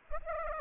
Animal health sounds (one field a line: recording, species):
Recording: mosquito wingbeat signal from an infrared sensor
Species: Culex pipiens